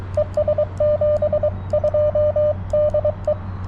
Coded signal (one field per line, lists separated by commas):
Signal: Morse code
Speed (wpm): 23 wpm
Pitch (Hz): 600 Hz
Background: radio noise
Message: ES 72 DE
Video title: CW POTA at US-4567 with the TX-500